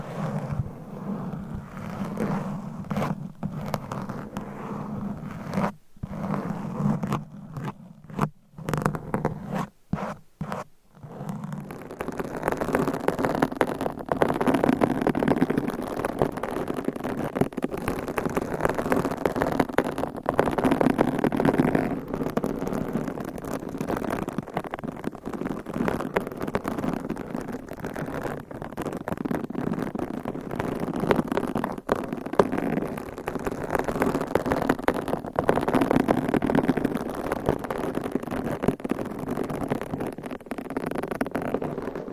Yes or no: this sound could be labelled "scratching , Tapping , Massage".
yes